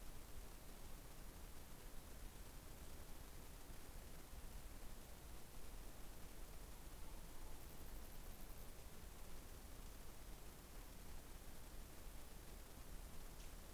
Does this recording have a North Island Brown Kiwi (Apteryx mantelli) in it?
no